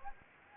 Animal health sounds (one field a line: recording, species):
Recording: mosquito wingbeat signal from an infrared sensor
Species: Anopheles gambiae